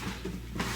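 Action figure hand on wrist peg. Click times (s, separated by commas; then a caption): 0.6 s. While the elbow joint of a plastic action figure is being worked, the hand comes off its wrist peg with a single sharp pop at 0.6 s over a low background hum. The hand is released from the peg.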